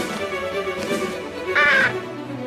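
crow cawing

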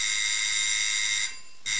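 doorbell ringing

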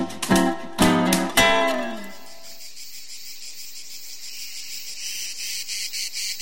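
cicadas chirping

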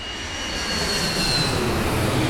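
airplane cabin engine drone

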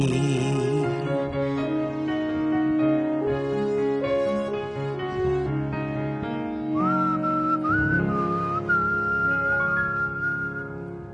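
person whistling a tune

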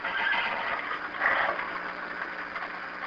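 horse neighing

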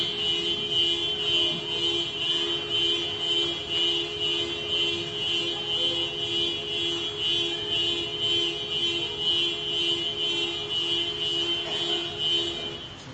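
car alarm going off

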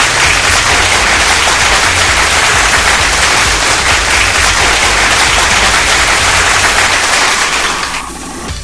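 applause sound effect

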